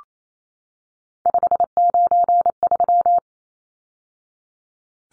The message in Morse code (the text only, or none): 593